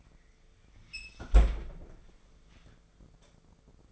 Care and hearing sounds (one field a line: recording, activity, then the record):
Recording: daily activity, microphone in the room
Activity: close fridge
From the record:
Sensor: 5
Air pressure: 1014.9 hPa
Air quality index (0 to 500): 177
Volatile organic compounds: 6 ppm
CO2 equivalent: 1947 ppm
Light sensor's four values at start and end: 93/218/95/106 and 84/194/85/94